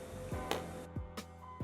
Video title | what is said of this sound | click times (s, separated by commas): $225 HOUSE OF SILLAGE MOST EXPENSIVE LIPSTICK 💄 SWAROVSKI CRYSTALS BOW CASE UNBOXING Swatches | And then continue to put your other refill, and you want to make sure it clicks. | 0.5 s